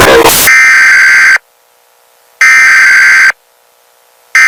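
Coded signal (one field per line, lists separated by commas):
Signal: Emergency Alert System (SAME) tones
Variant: header bursts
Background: speech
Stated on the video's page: Fictional EAS scenario, not a real alert.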